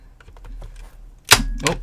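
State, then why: Released. The housing of a smart speaker is pried apart, and its fourth plastic snap clip, which had been binding, releases with a nice, sharp click at 1.3 s. Faint small ticks come before it, and a second, softer snap follows at about 1.7 s.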